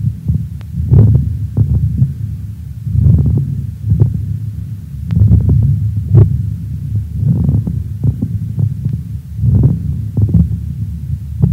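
Breath sounds recur about 26 times a minute, with many short, sharp clicking pops scattered through each breath. These are consonating (ringing) fine moist crackles, which sound crisp and loud because surrounding denser lung tissue conducts them well.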